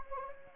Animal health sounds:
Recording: mosquito wingbeat signal from an infrared sensor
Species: Anopheles gambiae

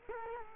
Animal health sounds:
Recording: mosquito wingbeat signal from an infrared sensor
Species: Culex quinquefasciatus

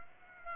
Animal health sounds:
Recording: mosquito wingbeat signal from an infrared sensor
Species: Aedes aegypti

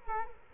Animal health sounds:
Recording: mosquito wingbeat signal from an infrared sensor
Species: Culex quinquefasciatus

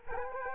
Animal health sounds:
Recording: mosquito wingbeat signal from an infrared sensor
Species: Culex quinquefasciatus

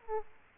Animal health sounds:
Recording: mosquito wingbeat signal from an infrared sensor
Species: Aedes aegypti

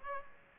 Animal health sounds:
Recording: mosquito wingbeat signal from an infrared sensor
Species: Aedes aegypti

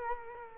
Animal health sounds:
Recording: mosquito wingbeat signal from an infrared sensor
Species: Culex quinquefasciatus

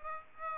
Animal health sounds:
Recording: mosquito wingbeat signal from an infrared sensor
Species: Aedes aegypti

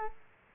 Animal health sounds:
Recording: mosquito wingbeat signal from an infrared sensor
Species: Culex quinquefasciatus

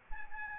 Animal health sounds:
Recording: mosquito wingbeat signal from an infrared sensor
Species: Aedes albopictus

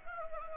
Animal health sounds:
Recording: mosquito wingbeat signal from an infrared sensor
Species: Anopheles gambiae

